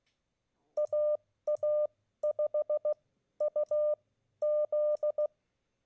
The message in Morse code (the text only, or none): AA5UZ